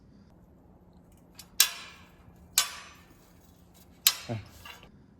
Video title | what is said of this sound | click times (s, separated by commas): MMM1000 - 1000lbs PWC Lift - Cantilever - Assembly Video | Turn until you hear three clicks. | 1.6 s, 2.6 s, 4.1 s